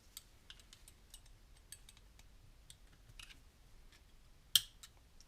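On a Honda CBR 600 RR fork, a steel retaining clip (jumper ring) sitting above the new fork oil seal is pressed with a screwdriver into its groove in the aluminium fork leg. Light scattered clicks and scrapes of metal are heard first, followed by one loud, sharp snap at 4.6 s as the clip seats in the groove.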